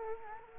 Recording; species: mosquito wingbeat signal from an infrared sensor; Culex quinquefasciatus